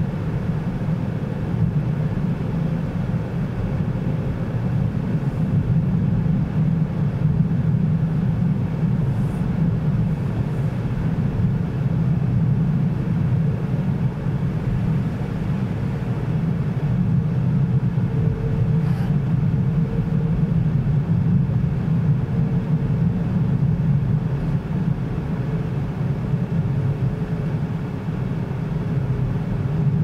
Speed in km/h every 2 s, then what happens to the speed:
63, 63, 63, 63, 62, 60, 59, 56, 55, 53, 55, 54, 53, 51, 50.
0-9 steady at about 63. 9-30 slows to 50.